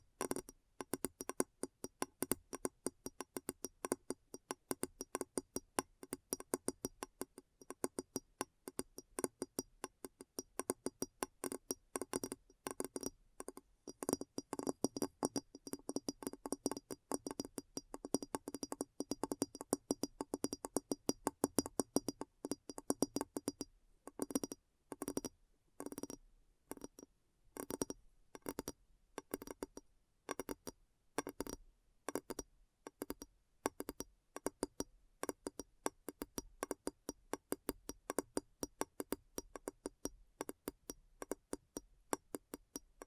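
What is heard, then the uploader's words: Quick fingertip tapping on a hard, glassy surface, each tap a short crisp click with a bright ring. The taps come in dense, fast flurries for the first twenty-odd seconds, then thin into separated bursts and single taps with brief pauses between. ASMR Addictive Tapping. (No Talking).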